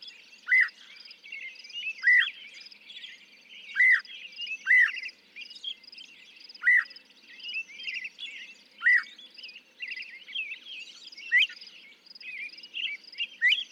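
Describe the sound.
Northern mockingbird song: a clear arched note repeated several times at uneven intervals, mixed with varied warbling, over a steady high background trill.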